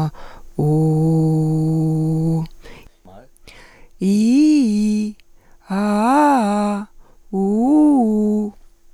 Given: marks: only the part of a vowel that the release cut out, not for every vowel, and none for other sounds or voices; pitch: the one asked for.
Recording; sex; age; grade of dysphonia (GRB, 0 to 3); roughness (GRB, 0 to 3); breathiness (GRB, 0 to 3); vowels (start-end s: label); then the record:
sustained vowels; female; 30 to 39 years; 0; 0; 0
0.68-2.28 s: vowel /u/, low pitch
4.08-5.01 s: vowel /i/, low-high-low pitch
5.81-6.75 s: vowel /a/, low-high-low pitch
7.44-8.41 s: vowel /u/, low-high-low pitch
From the record:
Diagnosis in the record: healthy voice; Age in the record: 38 years